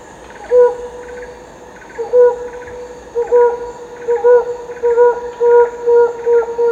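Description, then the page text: Helmeted Hornbill hooting series speeding up, spaced hoots coming steadily closer together, with pulsing insects droning behind. Recorded at Danum, Borneo, on 1 April 2006. "DANUM 20060401. Sound of Helmeted Hornbill at Danum by EDWARDS, David - Borneo Bird Images"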